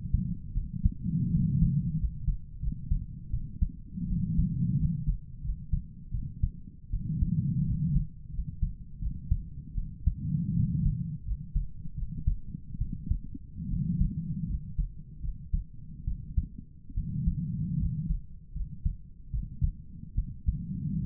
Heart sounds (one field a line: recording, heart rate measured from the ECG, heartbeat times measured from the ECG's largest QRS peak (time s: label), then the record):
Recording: heart sounds by stethoscope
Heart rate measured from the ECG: 79 bpm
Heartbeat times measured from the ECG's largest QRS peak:
0.55 s: heartbeat
1.32 s: heartbeat
1.99 s: heartbeat
2.61 s: heartbeat
3.32 s: heartbeat
4.09 s: heartbeat
4.78 s: heartbeat
5.43 s: heartbeat
6.13 s: heartbeat
6.92 s: heartbeat
7.66 s: heartbeat
8.32 s: heartbeat
9.01 s: heartbeat
9.76 s: heartbeat
10.55 s: heartbeat
11.25 s: heartbeat
11.96 s: heartbeat
12.79 s: heartbeat
13.69 s: heartbeat
14.48 s: heartbeat
15.22 s: heartbeat
16.06 s: heartbeat
16.95 s: heartbeat
17.79 s: heartbeat
18.54 s: heartbeat
19.32 s: heartbeat
20.16 s: heartbeat
21.01 s: heartbeat
From the record:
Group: healthy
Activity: rest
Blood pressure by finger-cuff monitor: 140/57 mmHg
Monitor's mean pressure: 81 mmHg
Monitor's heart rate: 78 bpm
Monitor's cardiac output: 9.1 L/min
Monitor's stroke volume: 115 mL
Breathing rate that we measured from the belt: 19 breaths a minute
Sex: female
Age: 22 years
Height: 160 cm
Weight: 63 kg